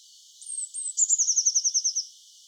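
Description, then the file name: Eurasian blue tit song with a pair of high, sliding introductory notes leading into a rapid, evenly spaced trill of around ten notes. "Cyanistes caeruleus"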